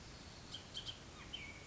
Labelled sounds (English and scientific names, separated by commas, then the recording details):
Bullock's Oriole (Icterus bullockii)
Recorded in Sonoma County, California